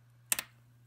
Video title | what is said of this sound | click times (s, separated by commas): MacBook Pro Retina Display AC07 hinge clip keyboard key cap installation guide | you Center two key cap over the hinge once a line push down and it should click into place | 0.3 s